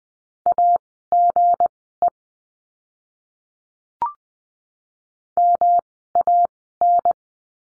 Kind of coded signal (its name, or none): Morse code